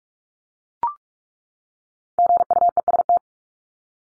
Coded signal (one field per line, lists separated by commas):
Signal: Morse code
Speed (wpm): 44 wpm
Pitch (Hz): 700 Hz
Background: none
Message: GUEST